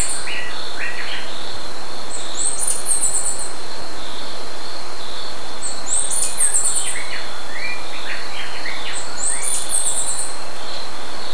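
Bird calls: bursts of high, thin chirps roughly every three seconds, with scattered lower chirps between them, over a steady high hum and heavy low rumbling noise.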